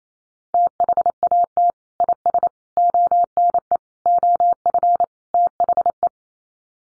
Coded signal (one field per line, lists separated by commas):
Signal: Morse code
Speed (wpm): 28 wpm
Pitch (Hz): 700 Hz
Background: none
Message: THAT IS ONE OF THE